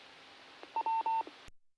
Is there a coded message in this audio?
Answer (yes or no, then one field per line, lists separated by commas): no